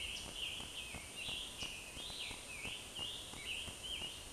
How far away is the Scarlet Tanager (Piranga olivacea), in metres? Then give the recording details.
about 20 m. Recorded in a Pennsylvania forest on 20 May 2023 at 20:41. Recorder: AudioMoth, point grid1_28_low. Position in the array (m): 53 m, 61 m